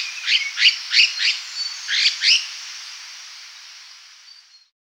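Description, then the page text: Red-faced liocichla scolding calls, a run of six harsh, chattering notes over about two seconds, then a fading hiss. "Red-Faced Liocichla Scolding Calls - Quick Sounds"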